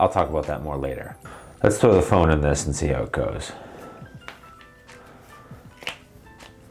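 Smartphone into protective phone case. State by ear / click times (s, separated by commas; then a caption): seated / 5.9 s. Someone talks while an iPhone 16 Pro is pressed into a rugged TPU/plastic protective phone case. After some quieter handling sounds, including a short tap near 4.3 s, the phone snaps into the case with a sharp, nice little click at 5.9 s, and it is seated.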